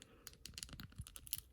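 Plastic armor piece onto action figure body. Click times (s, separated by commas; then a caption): 1.3 s. A plastic armor piece is pushed onto the body of a C-3PO action figure, producing a run of small plastic scrapes and light ticks. It clicks into place at 1.3 seconds, and the piece is seated.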